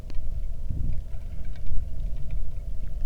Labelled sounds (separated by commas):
wind, rain